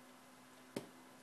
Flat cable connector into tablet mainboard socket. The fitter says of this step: You should be able to actually hear it snap into place.